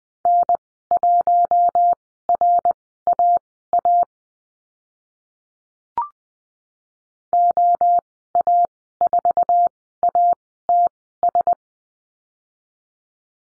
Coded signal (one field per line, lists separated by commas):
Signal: Morse code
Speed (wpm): 20 wpm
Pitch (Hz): 700 Hz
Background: none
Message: N1RAA OA4ATS